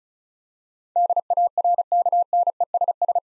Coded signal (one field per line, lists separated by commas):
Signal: Morse code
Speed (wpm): 34 wpm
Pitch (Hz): 700 Hz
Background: none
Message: DARKNESS